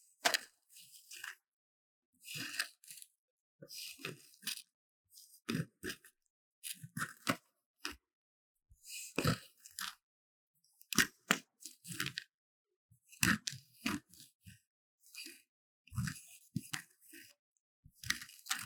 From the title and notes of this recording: Relaxing Scrape Magnesium Powder Block | NoTalking. 壓碎聲與捏碎聲.